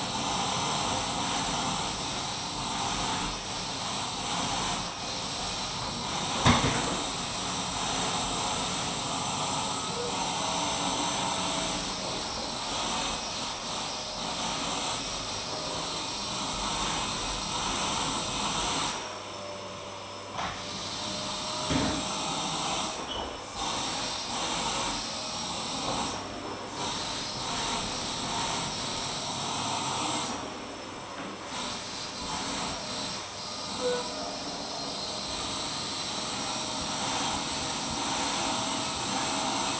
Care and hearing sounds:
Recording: daily activity, microphone in the room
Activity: vacuum cleaning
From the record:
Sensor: 1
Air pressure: 1010.2 hPa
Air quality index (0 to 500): 173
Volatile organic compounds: 13 ppm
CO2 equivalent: 2381 ppm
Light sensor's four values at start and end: 53/137/56/71 and 51/131/54/68

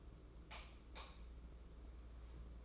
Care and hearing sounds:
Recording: daily activity, microphone in the room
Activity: light off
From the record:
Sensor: 1

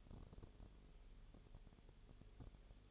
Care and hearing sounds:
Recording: daily activity, microphone in the room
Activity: no activity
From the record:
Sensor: 4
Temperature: 22.0 degrees Celsius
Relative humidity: 29.4%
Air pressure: 1002.1 hPa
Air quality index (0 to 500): 59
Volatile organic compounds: 1 ppm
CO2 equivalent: 609 ppm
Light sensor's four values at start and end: 2/3/1/1 and 2/3/1/1

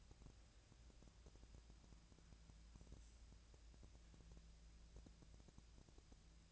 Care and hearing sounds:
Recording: daily activity, microphone in the room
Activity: wipe stove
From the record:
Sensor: 2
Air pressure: 1000.4 hPa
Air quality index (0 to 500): 175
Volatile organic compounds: 3 ppm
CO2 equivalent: 1452 ppm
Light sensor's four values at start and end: 10/23/10/10 and 10/23/10/10

